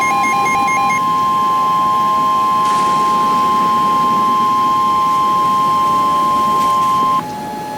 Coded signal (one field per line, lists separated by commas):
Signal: Emergency Alert System (SAME) tones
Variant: 1050 Hz attention tone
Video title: the wedge. (clayranger143 eas scenario recreation)